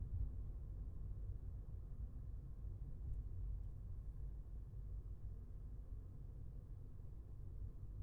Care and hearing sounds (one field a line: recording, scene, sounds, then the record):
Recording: everyday scene through a hearing-aid microphone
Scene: in a vehicle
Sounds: engine, highway driving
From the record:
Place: Skoda Fabia, gasoline engine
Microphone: behind the ear, left, rear